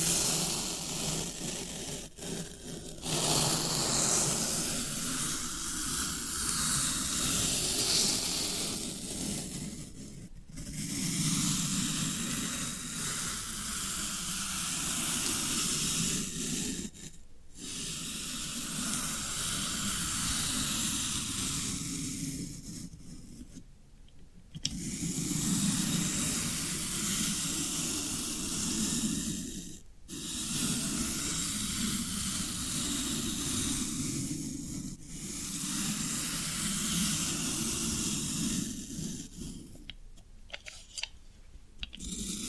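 Floral foam being worked, with a dense, scratchy crumbling hiss that runs in long strokes. Brief silent gaps break it up roughly every five to seven seconds, near 3, 10, 17, 24, 30, 35 and 40 seconds, and each pass resumes at a fairly even level.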